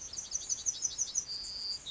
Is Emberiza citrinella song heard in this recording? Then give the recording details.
yes. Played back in grassland. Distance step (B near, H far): E. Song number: 123